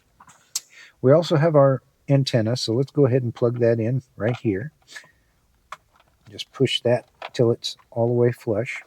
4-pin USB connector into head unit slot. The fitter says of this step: Push it in till you get that satisfying click.